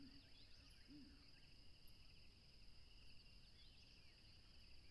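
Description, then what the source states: Crickets trill in a steady, unbroken high drone at two pitches, with scattered bird chirps and a few low hooting notes over a rumbling background. Tropical river setting, with a plane passing.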